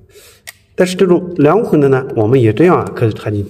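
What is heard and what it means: A two-prong plug is pushed easily, with a light push, into the two-hole side of a five-hole wall socket. It seats with a single sharp click at 0.5 s. Then someone talks.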